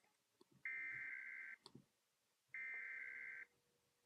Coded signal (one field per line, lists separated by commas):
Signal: Emergency Alert System (SAME) tones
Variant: header bursts